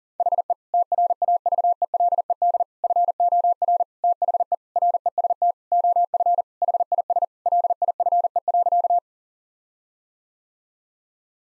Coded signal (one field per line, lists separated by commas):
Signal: Morse code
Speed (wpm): 40 wpm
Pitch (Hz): 700 Hz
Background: none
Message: HE TRAVELED FOR THE REST OF HIS LIFE.